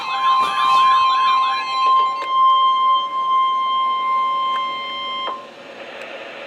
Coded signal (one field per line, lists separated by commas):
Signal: Emergency Alert System (SAME) tones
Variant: 1050 Hz attention tone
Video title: NOAA Weather Radio EAS #361: Severe Thunderstorm Warning (Read by Paul!)